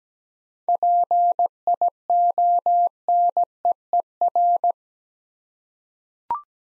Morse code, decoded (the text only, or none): PIONEER